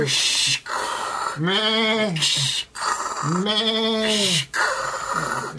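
Processed sheep bleats ring out in a repeating pattern, harmonic wavering cries alternating with harsh, noisy bursts, loud and continuous across the whole stretch.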